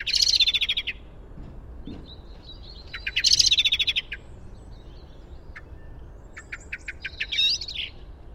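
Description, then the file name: Common blackbird calls: two bursts of high, harsh chattering notes, one at the start and one around three seconds, then a series of sharp, clipped chink notes near the end. "Turdus merula"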